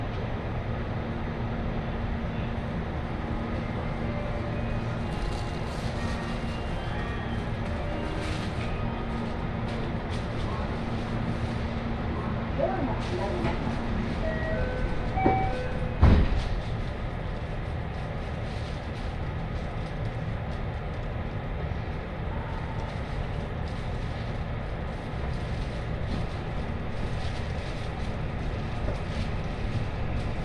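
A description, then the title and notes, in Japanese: Riding aboard a city loop-line commuter train, a steady low rumble of the carriage fills the whole clip. From about 5 to 15 seconds a thin motor whine rises and shifts, a sharp knock lands near 16 seconds, and small clicks and faint voices sit underneath. 耳で楽しむ鉄道旅 ＪＲ難波→新今宮→京橋→鴫野。大阪環状線の内回り電車に乗り換えて京橋に向かいます。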